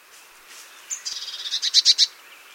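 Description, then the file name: Great tit making a single short scolding chatter: a thin high note, then a quick run of buzzy rasping notes that grow louder toward the end. "Parus major"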